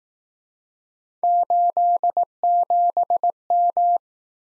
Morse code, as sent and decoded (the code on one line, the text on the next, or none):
---.. --... --
87M